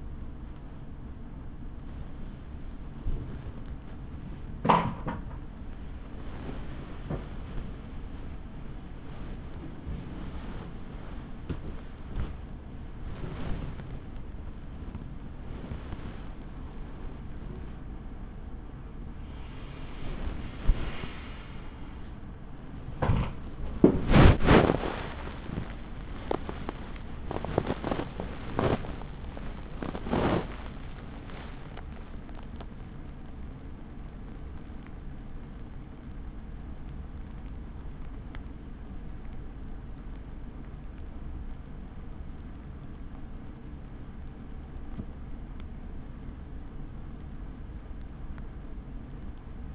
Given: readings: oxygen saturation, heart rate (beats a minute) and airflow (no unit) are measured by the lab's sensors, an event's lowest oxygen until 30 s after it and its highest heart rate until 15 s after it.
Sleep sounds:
a person awake in a sleep study, by a smartphone at the bedside; none
9.00-49.74 s: awake
From the record:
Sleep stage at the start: awake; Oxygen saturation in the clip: 96 to 98%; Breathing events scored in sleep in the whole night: 83 in 6.1 hours asleep

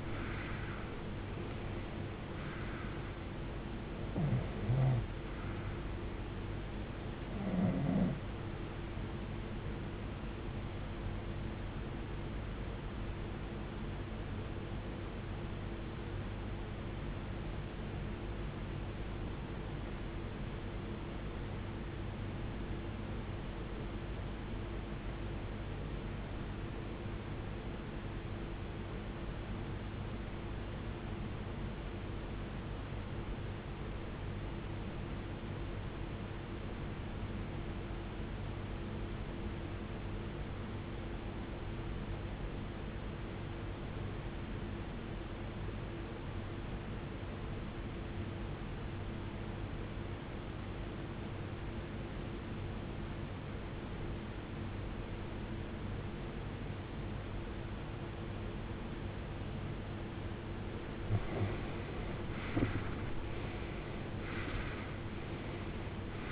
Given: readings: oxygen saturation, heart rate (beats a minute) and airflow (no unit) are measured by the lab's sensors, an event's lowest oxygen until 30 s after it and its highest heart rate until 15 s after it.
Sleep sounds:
breathing in sleep by a voice recorder at the bedside; 1
19.00-61.40 s: obstructive apnea (REM, oxygen 92% highest, then 74% lowest, heart rate 49 at the start, 86 highest)
From the record:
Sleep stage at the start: REM sleep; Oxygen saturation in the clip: 76 to 92%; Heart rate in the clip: 45 to 81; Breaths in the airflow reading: 6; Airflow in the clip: -20.6 to 19.9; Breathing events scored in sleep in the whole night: 389 in 6.3 hours asleep

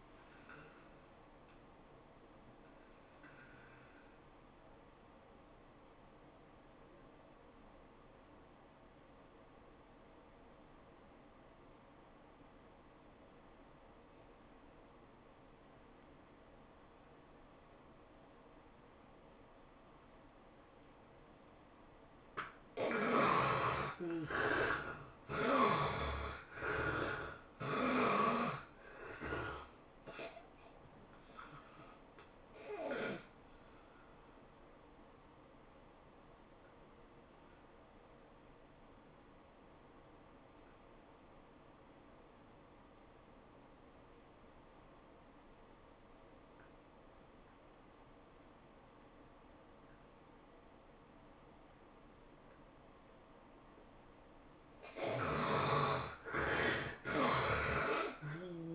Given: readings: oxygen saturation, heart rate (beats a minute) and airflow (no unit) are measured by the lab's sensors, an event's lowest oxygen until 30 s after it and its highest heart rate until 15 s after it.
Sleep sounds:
breathing in sleep by a voice recorder at the bedside; 2
5.00-24.70 s: obstructive apnea (N1, oxygen 96% highest, then 72% lowest, heart rate 100 at the start, 107 highest)
33.00-54.10 s: obstructive apnea (N1, oxygen 95% highest, then 69% lowest, heart rate 107 at the start, 111 highest)
From the record:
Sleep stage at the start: N1 (lightest sleep); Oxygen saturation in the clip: 72 to 96%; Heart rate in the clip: 80 to 107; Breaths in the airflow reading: 8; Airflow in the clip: -15.3 to 12.3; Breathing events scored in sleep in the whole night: 403 in 5.5 hours asleep

